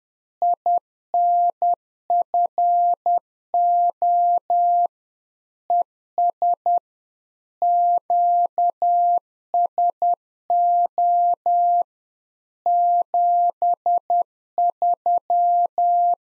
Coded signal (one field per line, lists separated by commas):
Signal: Morse code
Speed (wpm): 10 wpm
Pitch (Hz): 700 Hz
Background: none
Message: INFO ES QSO 73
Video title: Practice QSO - Exchange 4- Ending - 10wpm